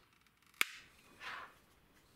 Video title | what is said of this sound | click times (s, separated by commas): Keysight E3632A Power Supply Refurbishing | it snaps into place by sliding to the side | 0.6 s